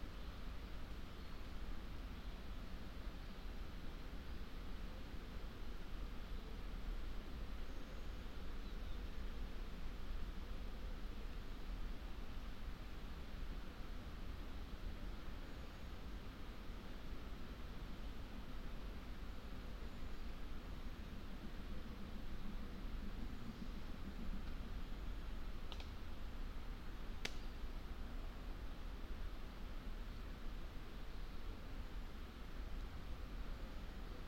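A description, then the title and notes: A forest ambience in the Wyre valley: a steady, dense rush of noise with a heavy low rumble underneath, holding at an even level throughout. Nothing stands out except two brief, sharp ticks around the 26- and 27-second marks. Just the odd snap and crack, of a dry twig dropping, every now and then. We captured this hour of forest time by leaving the Lento mics alone on an old tree last month deep in the Wyre Forest in Worcestershire. Slow forest Wyre valley.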